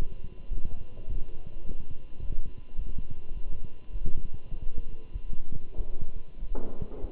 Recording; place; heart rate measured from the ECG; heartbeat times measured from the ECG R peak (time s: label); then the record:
heart sounds by stethoscope; between the tricuspid and mitral areas; 102 bpm
0.52 s: heartbeat
1.08 s: heartbeat
1.65 s: heartbeat
2.21 s: heartbeat
2.77 s: heartbeat
3.34 s: heartbeat
3.92 s: heartbeat
4.51 s: heartbeat
5.13 s: heartbeat
5.77 s: heartbeat
6.40 s: heartbeat
7.01 s: heartbeat
From the record:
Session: walking at 3.7 km/h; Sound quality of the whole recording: good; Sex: male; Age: 24 years